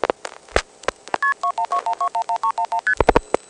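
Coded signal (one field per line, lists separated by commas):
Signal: multi-frequency trunk signalling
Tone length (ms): 90 ms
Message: KP2121211311ST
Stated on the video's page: Historic 1970s electromechanical telephone sounds sampled from recorded libraries.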